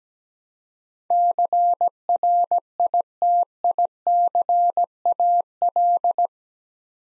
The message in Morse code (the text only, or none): CRITICAL